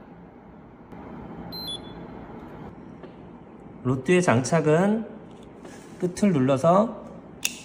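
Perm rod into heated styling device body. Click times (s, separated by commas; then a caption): 7.5 s. The end of a heated root-volume perm rod is pressed into the body of a heated styling device until it latches. Someone talks over a low background hum, and a sharp click at 7.4 s marks the rod seating into the body.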